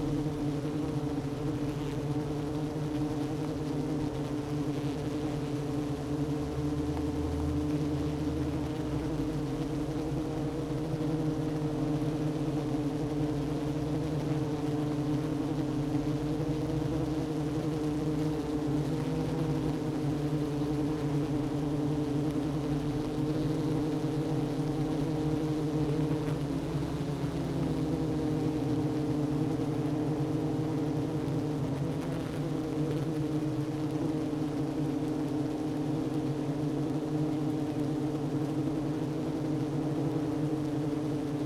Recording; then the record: honeybee colony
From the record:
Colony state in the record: active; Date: 12 June 2018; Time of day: 11:01